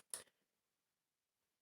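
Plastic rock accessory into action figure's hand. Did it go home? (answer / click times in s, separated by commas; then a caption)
no / none. A plastic rock accessory is pressed into the hand of a Playmates Toys Godzilla x Kong: The New Empire Suko action figure, making one brief, bright plastic knock with a short rustle from about 0.1 to 0.3 s, then near silence. The rock does not click into place and sits very loose in the hand, so nothing has clicked or seated.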